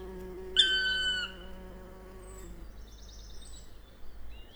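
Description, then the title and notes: Bumblebee buzz, a low humming drone fading out partway through, with a loud bird call near the start and soft birdsong afterwards. Bumblebee passing by during a well-advanced morning chorus, 1 June 2020, Piste aux espagnols; recorded with Nagra LB and omni MKH 8020. "Piste aux espagnols. le passage d&#39;un bourdon"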